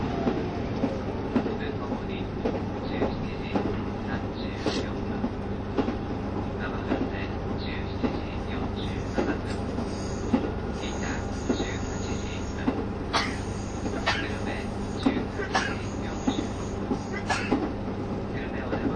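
Running sound of a KiHa 72 series diesel railcar, the Yufuin no Mori, between Yufuin and Ukiha: a steady low engine drone with a constant hum underneath. Frequent clicks and rattles run throughout, and a murmur of voices comes and goes.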